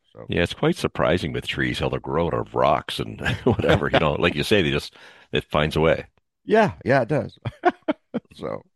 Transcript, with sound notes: Yeah, it's quite surprising with trees, how they'll grow out of rocks and (laughs) whatever.
(laughs)
You know, like you say, they just, it finds a way.
Yeah. Yeah, it does. (laughs) So,